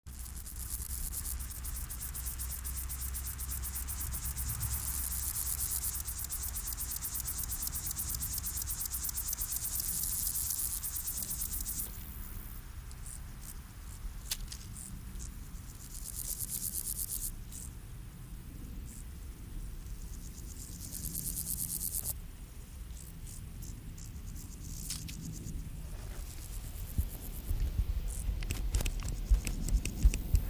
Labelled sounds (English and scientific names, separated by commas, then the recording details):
Upland Field Grasshopper (Chorthippus apricarius) stridulation
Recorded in the wild
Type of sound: stridulation
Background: Chorthippus parallelus
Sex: male
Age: imago
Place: Hakenfelde, Spandauer Forst, Berlin, DE
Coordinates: 52.58, 13.17
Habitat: Waldwiese
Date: 1997-08-09 16:29
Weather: 28°C, heiter
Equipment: Sony MD-WM MZ-R3, Sennheiser MKH 416 T, Kopie Uher 4000 Report Monitor
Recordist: Tembrock, Günter
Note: Männchen am Weibchen